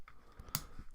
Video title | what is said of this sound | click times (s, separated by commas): Let's build the PG Strike Rouge Gundam (legs) part 2 | It literally just snaps back in. | 0.6 s